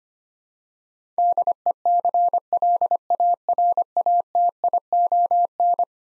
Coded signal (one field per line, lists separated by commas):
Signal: Morse code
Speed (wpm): 25 wpm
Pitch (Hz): 700 Hz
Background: none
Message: DECLARATION